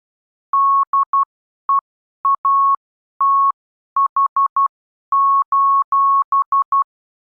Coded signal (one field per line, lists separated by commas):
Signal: Morse code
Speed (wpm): 12 wpm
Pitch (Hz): 1100 Hz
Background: none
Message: DEATH: